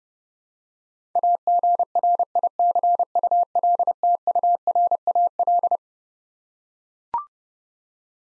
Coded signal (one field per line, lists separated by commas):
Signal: Morse code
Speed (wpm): 30 wpm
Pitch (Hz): 700 Hz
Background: none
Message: AGRICULTURAL